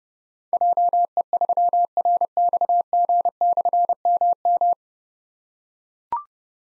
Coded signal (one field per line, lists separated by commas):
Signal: Morse code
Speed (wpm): 30 wpm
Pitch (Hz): 700 Hz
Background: none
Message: JE3RXG/MM